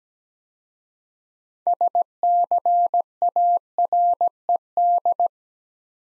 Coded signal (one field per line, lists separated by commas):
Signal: Morse code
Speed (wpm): 17 wpm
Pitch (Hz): 700 Hz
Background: none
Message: SCARED